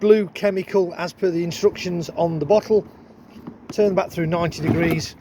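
A man talks throughout while the toilet waste cassette of a Swift Compact caravan, refilled with blue chemical, has its spout turned back 90 degrees ready to slide into the cassette bay. Nothing has seated or clicked yet; the orange plastic retaining handle has not snapped back into place.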